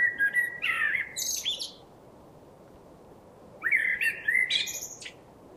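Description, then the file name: Common blackbird song: two phrases, each a low fluted whistle sliding into a thin, high squeaky twitter, separated by about two seconds of quiet. "Turdus merula"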